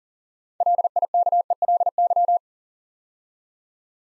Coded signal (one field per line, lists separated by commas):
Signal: Morse code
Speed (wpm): 42 wpm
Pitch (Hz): 700 Hz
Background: none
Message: LIKELY